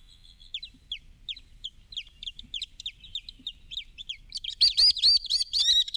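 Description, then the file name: Alpine swift calls, a string of short separate chips several per second that run into a loud, fast, wavering trill over the last two seconds. "Animal Alpine Swift"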